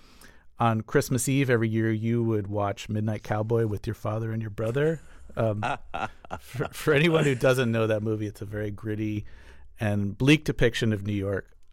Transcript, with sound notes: On Christmas Eve every year, you would watch "Midnight Cowboy" with your father and your brother.
(Laughter).
For anyone who doesn't know that movie, it's a very gritty and bleak depiction of New York